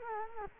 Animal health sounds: mosquito wingbeat signal from an infrared sensor; Culex quinquefasciatus

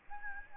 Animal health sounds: mosquito wingbeat signal from an infrared sensor; Aedes albopictus

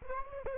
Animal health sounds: mosquito wingbeat signal from an infrared sensor; Aedes aegypti

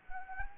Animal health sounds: mosquito wingbeat signal from an infrared sensor; Anopheles gambiae

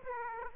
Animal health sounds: mosquito wingbeat signal from an infrared sensor; Aedes aegypti

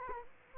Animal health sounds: mosquito wingbeat signal from an infrared sensor; Culex quinquefasciatus

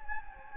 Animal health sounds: mosquito wingbeat signal from an infrared sensor; Anopheles gambiae

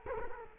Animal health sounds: mosquito wingbeat signal from an infrared sensor; Culex quinquefasciatus

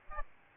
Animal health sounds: mosquito wingbeat signal from an infrared sensor; Aedes albopictus

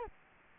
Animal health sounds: mosquito wingbeat signal from an infrared sensor; Culex quinquefasciatus

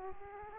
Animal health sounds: mosquito wingbeat signal from an infrared sensor; Aedes aegypti

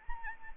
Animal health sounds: mosquito wingbeat signal from an infrared sensor; Anopheles arabiensis

